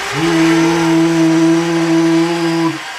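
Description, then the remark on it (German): A single long steam whistle blast from Gordon, a steam locomotive in Thomas & Friends, blown to clear his chimney. It is steady and loud, holding a low, harmonically rich chord for nearly three seconds before cutting off abruptly, with no talking over it. “In diesem Moment stößt Gordon einen Pfiff aus, um seinen Schornstein frei zu pusten.”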